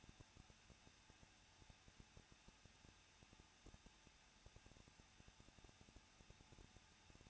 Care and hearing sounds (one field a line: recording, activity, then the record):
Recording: daily activity, microphone in the room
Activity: no activity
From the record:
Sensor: 2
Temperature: 21.0 degrees Celsius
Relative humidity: 37.5%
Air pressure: 1006.3 hPa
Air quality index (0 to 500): 223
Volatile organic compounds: 25 ppm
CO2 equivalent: 2837 ppm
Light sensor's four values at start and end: 2/3/2/2 and 2/3/2/2